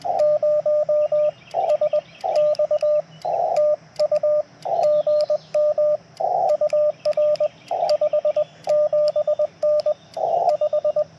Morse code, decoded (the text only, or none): 0 SX TU GM UR 57N 5